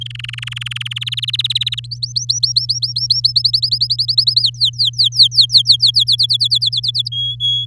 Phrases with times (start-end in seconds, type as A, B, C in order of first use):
0.01-0.93 A, 0.96-1.80 B, 1.84-3.33 C, 3.36-4.42 D, 4.42-6.04 E, 6.07-7.09 F, 7.12-7.66 G